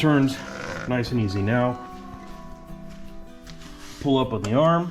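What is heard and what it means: Someone talks over background music while handling the parking brake lever ratchet on a Honda Odyssey FL350 off-road buggy, just after the parking brake has been adjusted. The lever has not yet been pulled up, and nothing has clicked or seated yet.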